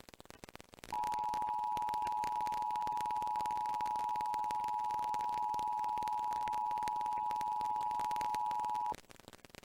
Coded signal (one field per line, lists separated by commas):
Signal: Emergency Alert System (SAME) tones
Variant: 853 and 960 Hz attention tone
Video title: All EAS Alerts by year part 1